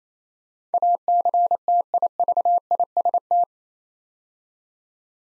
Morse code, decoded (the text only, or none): ACTIVIST